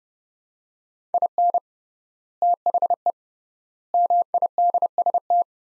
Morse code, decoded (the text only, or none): IN THE MIDST